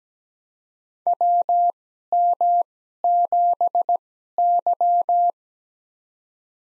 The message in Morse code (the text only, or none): WM7Y